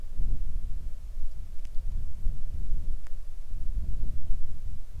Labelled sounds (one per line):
wind
rain